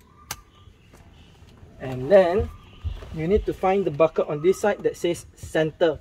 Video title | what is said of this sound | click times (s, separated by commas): Rear seat center 3 point seat belt. | make sure it clicks and | 0.3 s